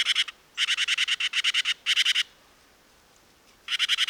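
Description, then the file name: Great tit churring calls: harsh, rapidly pulsed rattles in bursts, a short one, a long stuttering run, another burst, then a pause before a final rattle. "Parus major"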